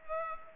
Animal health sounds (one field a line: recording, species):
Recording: mosquito wingbeat signal from an infrared sensor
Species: Culex pipiens